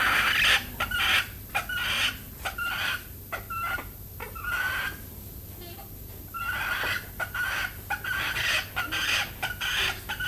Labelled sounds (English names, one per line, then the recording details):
Grey Peacock-Pheasant call
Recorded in captivity
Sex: male
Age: adult
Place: Zoo Berlin, Berlin, DE
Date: 2005-08-10 14:30
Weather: bedeckt, 16°C
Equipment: Sony WM-D6C, Sennheiser ME 80, Kopie Uher 4000 Report Monitor
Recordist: Tembrock, Günter